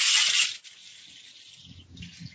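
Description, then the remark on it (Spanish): A rattle made of cattle hoof nails, as used in South America, gives a loud, dry, clattering shake that quickly fades into a soft, bristly rustle, with a little low rumbling underneath toward the end. “ustedes aquí en Sudamérica utilizan las uñas de la res, en México casi no lo usamos porque no es como tan fuerte el sonido, pero miren, es como esto.”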